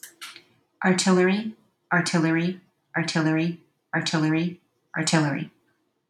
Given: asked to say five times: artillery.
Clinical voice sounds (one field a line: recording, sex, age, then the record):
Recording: repeated word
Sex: female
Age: 30 to 39 years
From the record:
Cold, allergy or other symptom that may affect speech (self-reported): no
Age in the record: 34 years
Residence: Oregon, United States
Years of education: 17